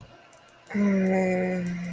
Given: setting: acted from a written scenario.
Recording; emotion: vocal sound without words; shame